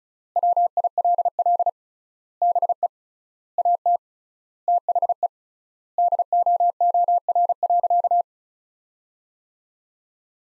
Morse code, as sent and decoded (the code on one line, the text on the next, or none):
.-- .. .-.. .-.. / -... . / .- - / - .... . / -.. --- --- .-. .-.-.-
WILL BE AT THE DOOR.